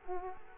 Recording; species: mosquito wingbeat signal from an infrared sensor; Culex quinquefasciatus